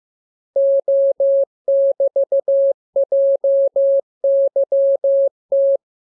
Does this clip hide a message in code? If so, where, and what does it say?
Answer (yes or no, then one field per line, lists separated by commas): yes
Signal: Morse code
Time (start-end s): 0.6-5.8 s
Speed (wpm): 15 wpm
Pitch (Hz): 550 Hz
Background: none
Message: O<BT>JYT